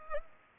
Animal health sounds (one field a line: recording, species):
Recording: mosquito wingbeat signal from an infrared sensor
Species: Culex pipiens